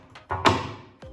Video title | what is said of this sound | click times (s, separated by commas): Flat Pack Wall Units - How to put them back together | hear them click | 0.3 s